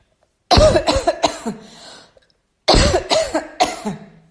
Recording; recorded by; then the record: voluntary cough; messaging app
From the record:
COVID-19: negative